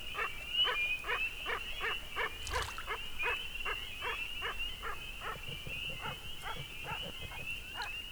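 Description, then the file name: Beaver giving a fast series of short, nasal whimpering notes, about two or three each second, with one brief click and a steady high hum throughout. Beaver at work; Chippewa, Minnesota, USA; dated 03-19-07. "Chippewa MN Beaver At Work"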